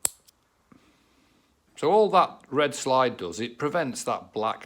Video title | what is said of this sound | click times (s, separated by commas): Interceptor & GT650. How to disconnect the rectifier/regulator unit block connectors | hear that click and then you lock it | 0.1 s